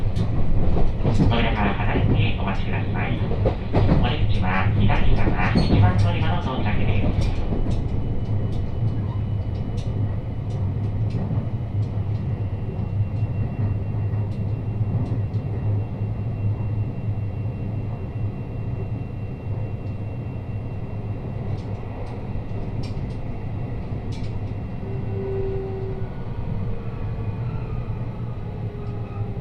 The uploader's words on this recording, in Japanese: 山陽本線・赤穂線 姫路→播州赤穂。まだ5時台の電車ですが早起きして乗車します。播州赤穂行きの列車は223系の4両編成。